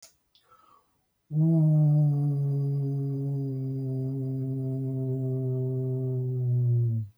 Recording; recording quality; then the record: sustained vowel as in boot; excellent, no background noise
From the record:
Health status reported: healthy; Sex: male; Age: 56 years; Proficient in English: yes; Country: France